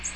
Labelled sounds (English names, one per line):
American Redstart flight call